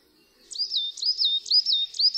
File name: SIKORA UBOGA